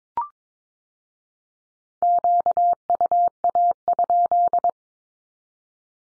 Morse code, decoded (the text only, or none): QUA?